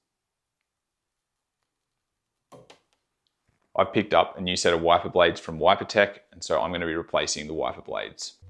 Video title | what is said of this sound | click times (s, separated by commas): How to Replace Wiper Blades on Your Car | And then at the top, you'll see how that clicks into place. | 2.7 s